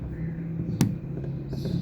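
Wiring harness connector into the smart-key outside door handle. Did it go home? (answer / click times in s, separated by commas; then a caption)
yes / 0.8 s. The keyless-entry wiring harness connector is pushed onto the replacement smart-key outside front door handle of a Kia Sportage. A single sharp click sounds at 0.8 s over a steady low hum. The connector is seated.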